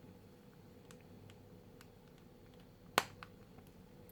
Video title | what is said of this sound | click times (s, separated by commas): Figuarts Kylo Ren Review | we go as the audible click | 3.0 s